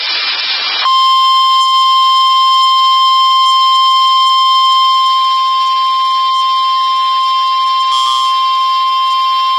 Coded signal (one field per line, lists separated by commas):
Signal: Emergency Alert System (SAME) tones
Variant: 1050 Hz attention tone